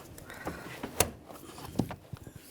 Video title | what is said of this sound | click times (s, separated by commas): How to Replace Radiator 2009-2107 Volkswagen Tiguan | Just push it onto the radiator. Locks in place. It'll just click. | 1.0 s